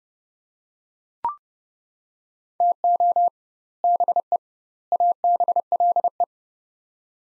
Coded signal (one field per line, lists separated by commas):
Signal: Morse code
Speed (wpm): 30 wpm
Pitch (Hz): 700 Hz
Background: none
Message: TO BE ABLE